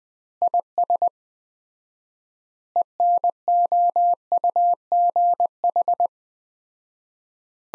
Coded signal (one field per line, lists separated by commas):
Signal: Morse code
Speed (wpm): 21 wpm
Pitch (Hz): 700 Hz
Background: none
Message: IS ENOUGH